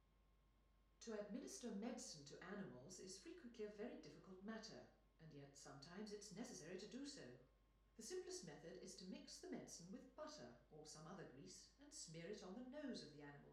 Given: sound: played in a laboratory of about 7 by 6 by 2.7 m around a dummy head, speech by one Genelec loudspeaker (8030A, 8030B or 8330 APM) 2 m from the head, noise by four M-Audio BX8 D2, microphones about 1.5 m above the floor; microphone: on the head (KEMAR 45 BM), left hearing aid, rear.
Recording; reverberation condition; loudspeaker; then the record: female speech in English; medium; in front (0 degrees)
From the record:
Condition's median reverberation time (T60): about 510 ms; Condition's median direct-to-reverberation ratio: about -0.5 dB